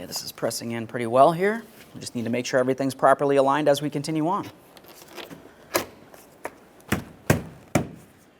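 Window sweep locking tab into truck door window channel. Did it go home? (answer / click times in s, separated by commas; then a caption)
no / none. Someone talks while pressing a new outer window sweep (belt molding) by hand along the door window channel of a 2004-2008 Ford F-150 truck, checking that it stays aligned. Four sharp tap thunks follow at about 5.8, 6.9, 7.3 and 7.8 seconds as the sweep is tapped down. Nothing has seated or clicked yet; the plastic locking tab has not engaged.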